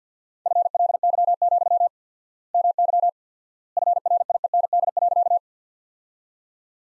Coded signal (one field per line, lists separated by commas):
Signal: Morse code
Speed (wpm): 50 wpm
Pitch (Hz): 700 Hz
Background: none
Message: FLY, MY FRIEND.